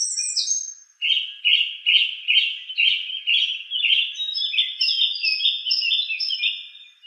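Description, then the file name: Song thrush song: one note repeated about eight times in a steady series, then a run of higher, thinner whistled phrases. "suara-kicauan-burung-song-thrush 7-omkicau"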